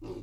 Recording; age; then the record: pig call; weaner (32 to 43 days)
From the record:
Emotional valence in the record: negative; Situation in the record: short isolation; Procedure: open field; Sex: female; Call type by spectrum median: low-frequency call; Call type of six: low-frequency stable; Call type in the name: low-frequency stable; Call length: 0.22 s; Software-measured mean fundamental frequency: 52 Hz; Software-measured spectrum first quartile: 164 Hz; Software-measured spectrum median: 323 Hz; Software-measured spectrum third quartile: 455 Hz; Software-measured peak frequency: 353 Hz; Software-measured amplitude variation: 126 dB a second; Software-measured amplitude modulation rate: 18.0 a second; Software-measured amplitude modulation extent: 7.0 dB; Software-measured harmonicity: 2.2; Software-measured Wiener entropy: -0.09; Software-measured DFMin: 687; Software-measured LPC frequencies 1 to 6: 366, 1005, 2715, 3689, 4769, 5750 Hz